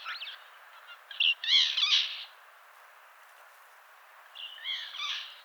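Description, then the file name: Eurasian jay making a couple of rough, rasping calls, one loud burst early and a softer one near the end, separated by a quiet pause. "Garrulus glandarius"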